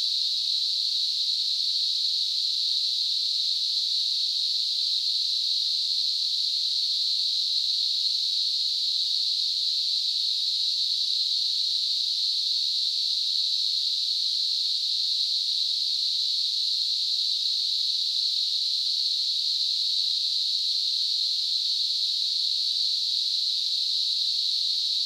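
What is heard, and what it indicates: Steady, unbroken high-pitched hiss centred around 4 kHz, a simulated tinnitus sound.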